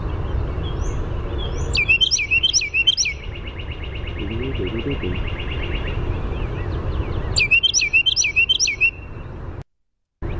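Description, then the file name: Carolina wren song: two bursts of about four rapid, rolling whistled phrases, separated by a steady buzzy trill, over low background rumble. "CARW song"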